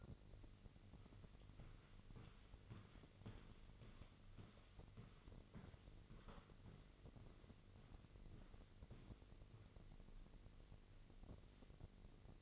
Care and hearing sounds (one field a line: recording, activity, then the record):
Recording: daily activity, microphone in the room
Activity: walk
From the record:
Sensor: 4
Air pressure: 1002.4 hPa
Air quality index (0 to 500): 216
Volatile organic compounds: 12 ppm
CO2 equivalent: 2336 ppm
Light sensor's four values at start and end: 20/71/26/26 and 20/71/26/26